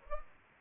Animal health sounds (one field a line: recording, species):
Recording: mosquito wingbeat signal from an infrared sensor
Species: Culex pipiens